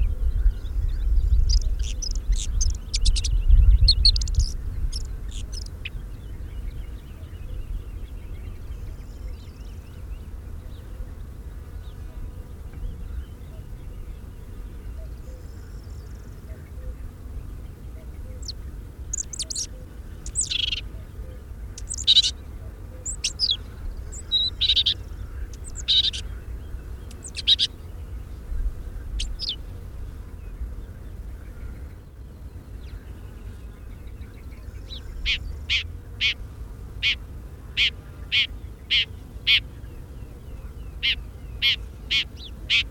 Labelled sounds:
Red-backed Shrike song

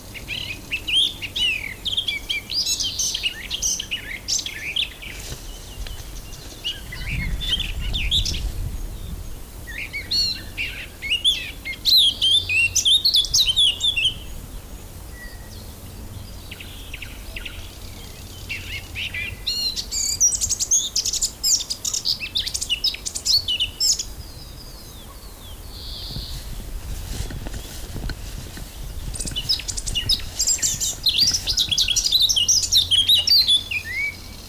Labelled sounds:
Eurasian Blackcap song

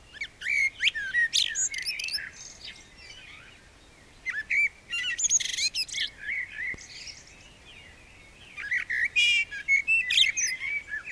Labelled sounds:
Common Blackbird song

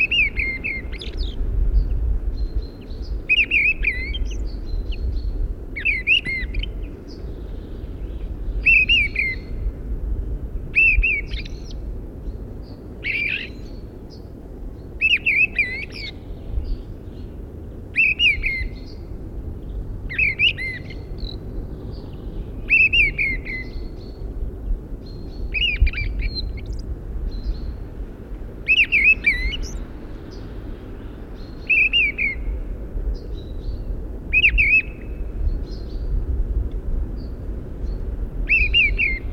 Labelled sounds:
Fieldfare song

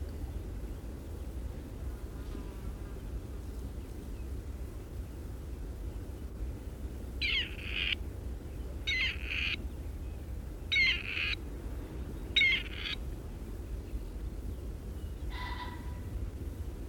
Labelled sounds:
Grey Partridge call

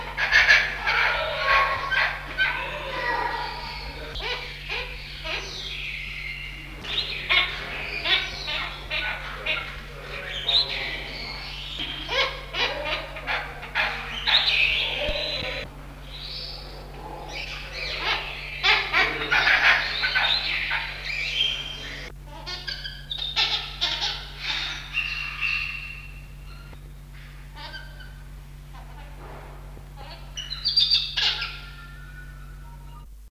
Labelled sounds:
Visayan Hornbill call

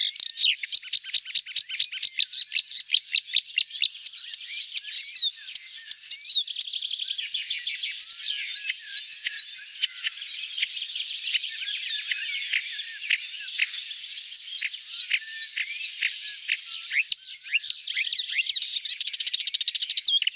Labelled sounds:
Marsh Warbler song

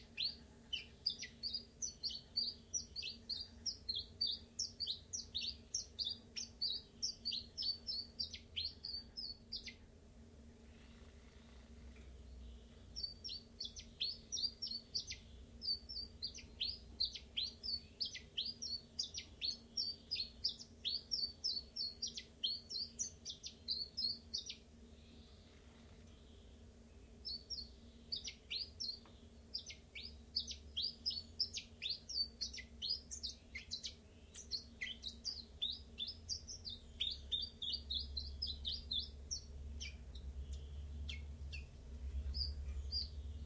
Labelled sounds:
Common Chiffchaff

